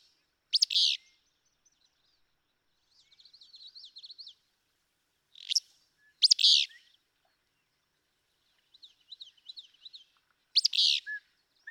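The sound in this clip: Willow flycatcher song: a few sneezy, burry bursts spaced several seconds apart, with softer twittering in between.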